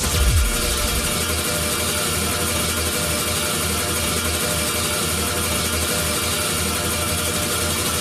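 A steady, loud engine roar with a deep low rumble and a dense hiss across the top, holding constant for the whole stretch with no voices.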